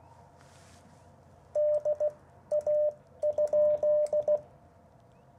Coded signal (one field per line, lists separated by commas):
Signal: Morse code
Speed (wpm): 16 wpm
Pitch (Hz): 590 Hz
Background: none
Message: DA?